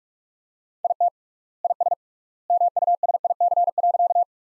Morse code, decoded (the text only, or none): IT IS MUSIC.